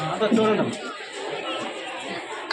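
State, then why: Seated. A safety harness or belt buckle tongue is pressed into its latch during a fire safety demonstration while someone talks over background chatter. It clicks locked at 2.5 s, and the buckle is seated.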